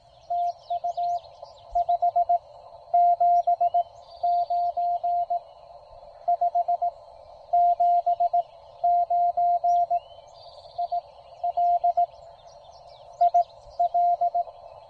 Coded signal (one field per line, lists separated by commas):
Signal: Morse code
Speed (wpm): 18 wpm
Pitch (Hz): 700 Hz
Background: none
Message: TU 579 579 IL IL